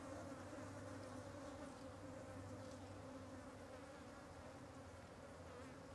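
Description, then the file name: Fly: flies hum in a steady layered buzz over a low rumbling drone, the sound fading slightly toward the end. Ambience of many flies flying over something. "Ambiencia de Muitas Moscas Sobrevoando algo"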